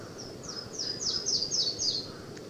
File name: Yellow-throated Warbler